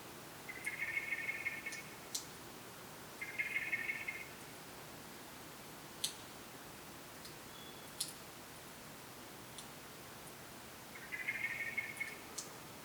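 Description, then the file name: Common blackbird giving rapid, even rattling trills about a second long, three bursts spaced a few seconds apart, with faint sharp clicks in between. "Turdus merula"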